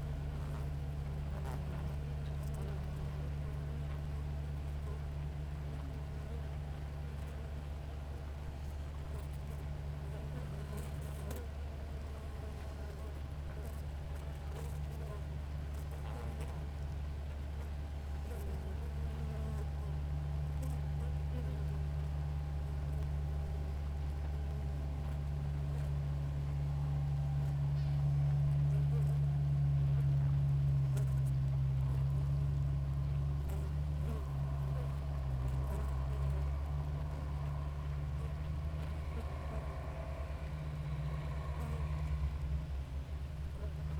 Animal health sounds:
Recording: honeybee colony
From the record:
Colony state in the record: active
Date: 28 July 2017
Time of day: 6:06

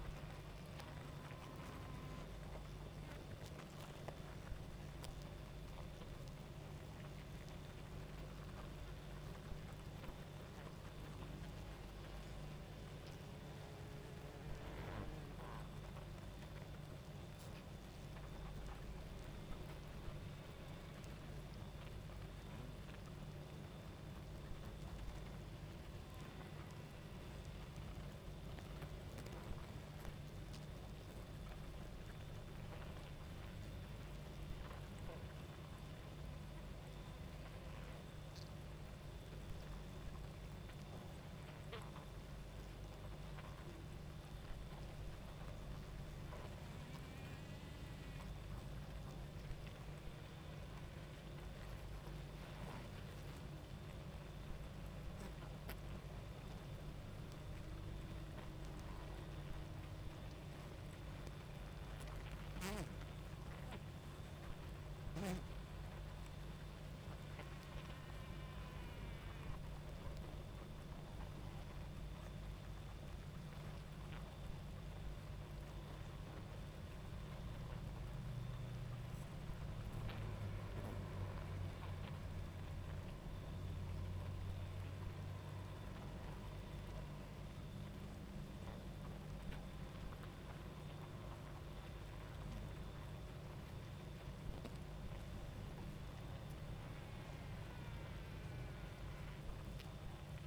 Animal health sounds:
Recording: honeybee colony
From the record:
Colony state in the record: active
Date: 28 July 2017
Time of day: 23:00

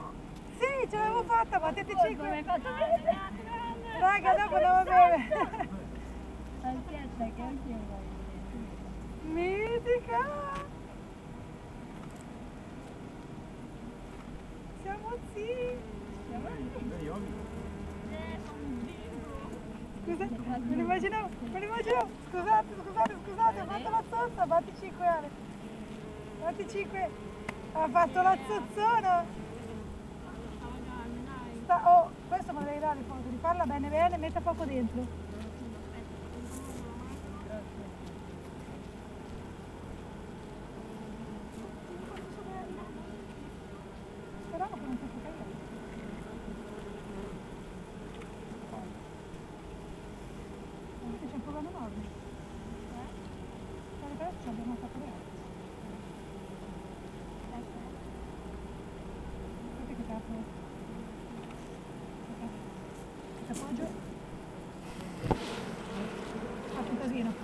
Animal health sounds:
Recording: honeybee colony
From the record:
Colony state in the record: active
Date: 28 July 2017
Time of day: 8:08

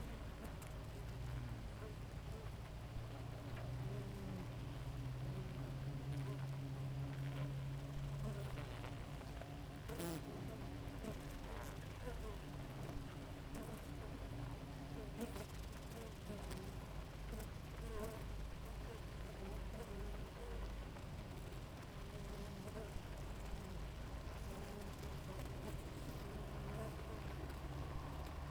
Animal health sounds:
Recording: honeybee colony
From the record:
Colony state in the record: active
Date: 28 July 2017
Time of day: 5:12

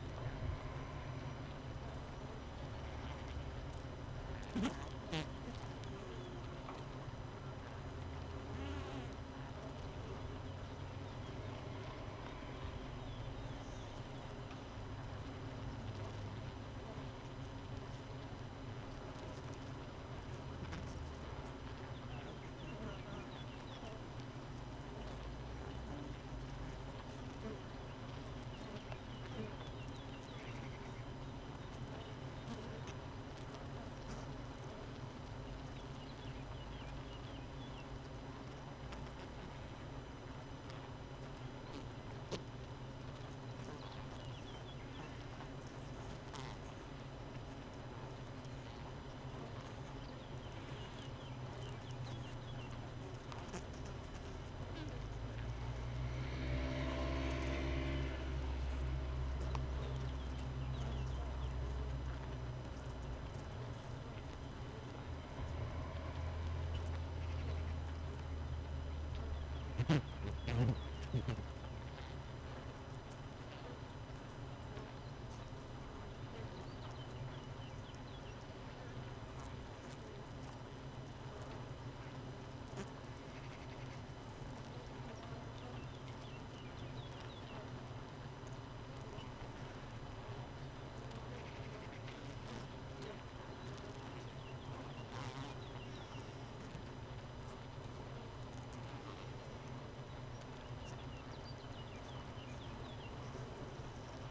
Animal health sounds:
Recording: honeybee colony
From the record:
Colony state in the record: missing queen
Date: 31 May 2018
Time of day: 5:31

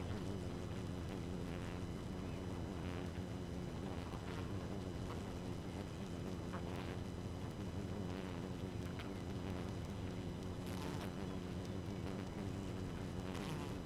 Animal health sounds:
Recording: honeybee colony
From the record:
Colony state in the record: active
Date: 12 June 2018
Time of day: 2:49

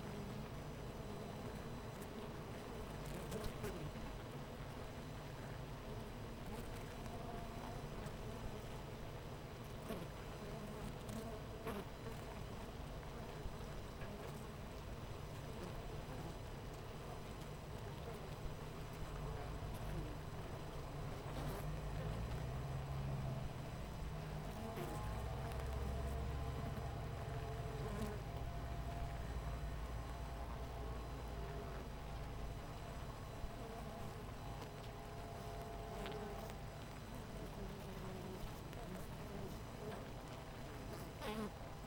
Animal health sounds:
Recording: honeybee colony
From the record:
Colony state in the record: missing queen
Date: 14 July 2017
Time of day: 8:41

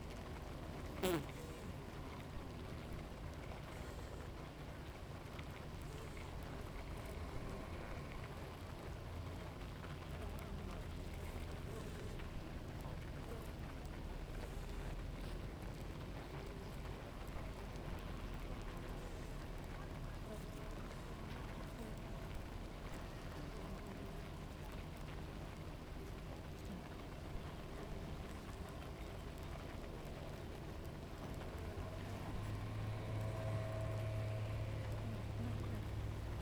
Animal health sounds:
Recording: honeybee colony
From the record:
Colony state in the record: active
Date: 28 July 2017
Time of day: 7:38

